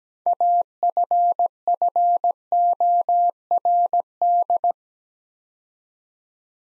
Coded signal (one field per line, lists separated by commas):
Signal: Morse code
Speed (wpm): 17 wpm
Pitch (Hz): 700 Hz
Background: none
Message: AFFORD